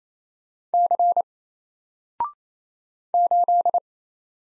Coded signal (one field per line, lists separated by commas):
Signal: Morse code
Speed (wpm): 27 wpm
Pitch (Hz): 700 Hz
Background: none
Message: C 8